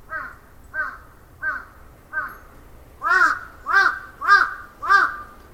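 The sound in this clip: Crow giving harsh cawing calls, four evenly spaced caws followed by four louder, rougher caws.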